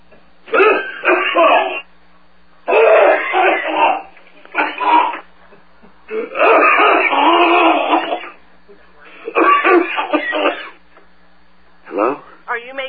Terrible coughing.